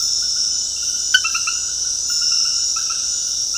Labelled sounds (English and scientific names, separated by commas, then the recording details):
none
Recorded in dense forest near Puerto Asís, Putumayo, Colombia, on 21 February 2024 at 22:00
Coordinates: 0.485, -76.325
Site G6429